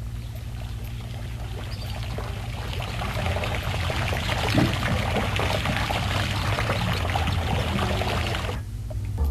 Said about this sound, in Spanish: Por lo pronto recordándole está el ruido del agua.